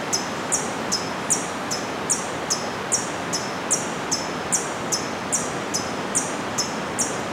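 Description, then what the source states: Hummingbird chip calls: short, very high notes repeated steadily about two or three times a second over a constant hiss of background noise. Soundscape at Finca de Rollo, Boquete, Chiriquí, Panama, recorded in the afternoon.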